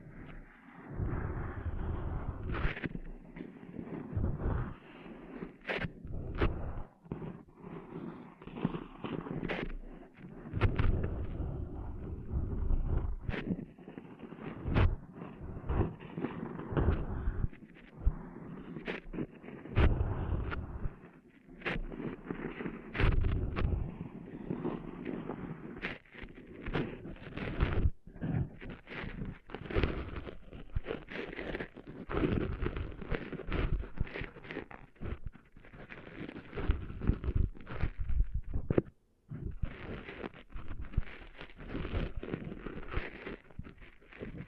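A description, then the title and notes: Sand being cleaned out of an ear: a continuous low, muffled rubbing and scraping that swells and fades, broken by frequent sharp clicks and pops. The crackling grows busier and denser in the second half, with sharp snaps every second or so. ASMR Cleaning Sand Out of Your Ears (No Talking).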